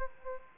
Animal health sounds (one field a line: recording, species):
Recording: mosquito wingbeat signal from an infrared sensor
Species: Aedes aegypti